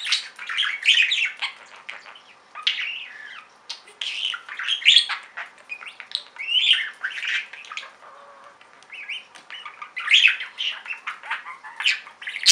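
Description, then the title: Budgerigar warbling: continuous busy twittering and squawky chirps, rapid and high, rising and falling in uneven bursts throughout. "Budgie Sounds"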